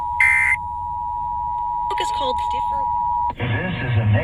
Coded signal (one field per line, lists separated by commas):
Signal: Emergency Alert System (SAME) tones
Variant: 853 and 960 Hz attention tone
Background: speech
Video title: National Periodic Test | EAS #76 & 77